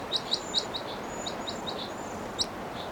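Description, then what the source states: Crossbill calls: several sharp, high chip notes in three seconds, some louder than others, over a soft background hiss. Two birds calling at the same time, one giving louder calls than the other.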